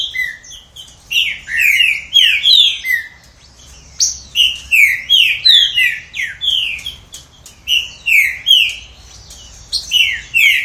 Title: Trinca Ferro